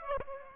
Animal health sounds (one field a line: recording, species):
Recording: mosquito wingbeat signal from an infrared sensor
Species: Aedes aegypti